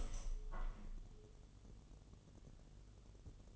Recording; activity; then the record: daily activity, microphone in the room; open window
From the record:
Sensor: 4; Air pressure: 1015.9 hPa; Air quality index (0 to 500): 111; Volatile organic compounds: 2 ppm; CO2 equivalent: 1246 ppm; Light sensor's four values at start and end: 9/20/8/7 and 9/20/8/8